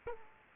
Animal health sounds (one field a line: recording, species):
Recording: mosquito wingbeat signal from an infrared sensor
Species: Culex quinquefasciatus